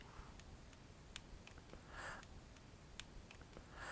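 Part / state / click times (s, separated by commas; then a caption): action camera mount into adhesive helmet base / seated / 0.4 s, 1.2 s, 1.5 s, 2.2 s, 3.0 s, 3.3 s. A plastic mount for a Sena Prism Bluetooth action camera is pushed into its adhesive (sticky) helmet base and tightened down, giving a series of small, sharp detent clicks at 0.4, 1.2, 1.5, 2.2, 3.0 and 3.3 seconds. Soft hissy rustles come through around 2.1 and 3.9 seconds. The mount ends up seated with a positive lock.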